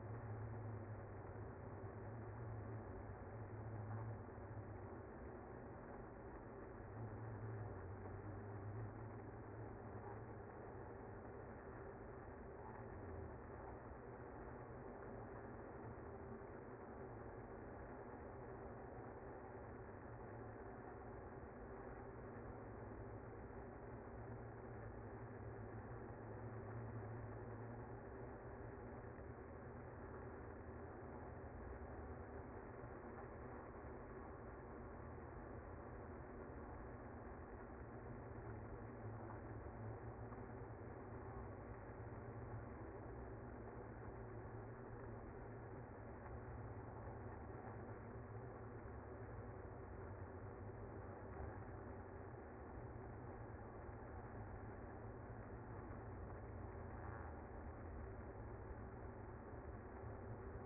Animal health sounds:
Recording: honeybee colony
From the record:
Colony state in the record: active

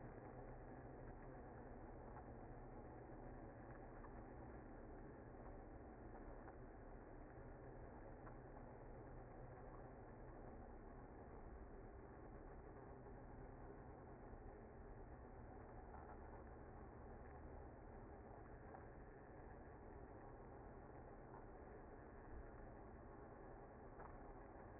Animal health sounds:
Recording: honeybee colony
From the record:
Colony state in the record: active

